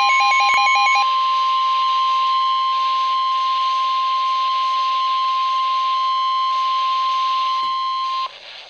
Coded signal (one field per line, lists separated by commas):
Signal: Emergency Alert System (SAME) tones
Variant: 1050 Hz attention tone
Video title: Real EAS #336 - Tornado Warning